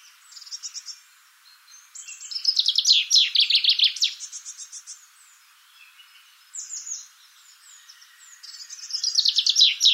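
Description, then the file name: Common chaffinch song: bright descending trills ending in a flourish, repeated, with thin high notes between phrases. "Fringilla coelebs"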